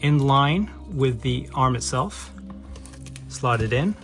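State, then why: Not seated. An Ops Core AMP accessory mounting arm is lined up in line with a helmet side rail and slotted in before being pushed home, while someone talks. Only soft handling ticks are heard between about 2.5 and 3.2 s, and the arm has not clicked into place yet.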